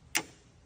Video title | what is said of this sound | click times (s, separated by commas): THREE SUZUKI LT250R’S | Listen to it snap back in place. | 0.2 s